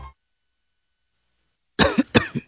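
Two harsh, voiced cough bursts after a silence; an acted cough.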